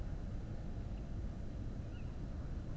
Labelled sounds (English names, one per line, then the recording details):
Tawny Owl
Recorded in Germany
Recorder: ecoPi